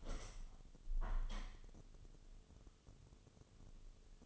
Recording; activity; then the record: daily activity, microphone in the room; open window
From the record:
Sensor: 4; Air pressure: 1015.8 hPa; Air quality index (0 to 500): 80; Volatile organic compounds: 1 ppm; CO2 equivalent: 893 ppm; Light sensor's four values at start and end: 9/20/8/7 and 9/20/8/7